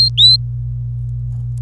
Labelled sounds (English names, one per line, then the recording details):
Domestic Canary song
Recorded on 26 April 2018 at 05:50
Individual llb3